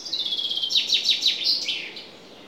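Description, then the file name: Common chaffinch song: a quick series of high, descending chirped notes that end in a short flourish, about two seconds long. "Fringilla coelebs"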